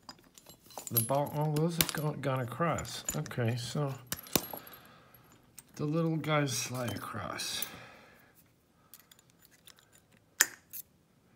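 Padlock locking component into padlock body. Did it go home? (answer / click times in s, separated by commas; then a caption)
yes / 10.4 s. While a Canadian padlock is being reassembled, someone talks as the internal locking pieces are reset with small metallic taps and clicks. One locking component is pushed home into the padlock body and seats with a sharp metallic click at 10.4 s.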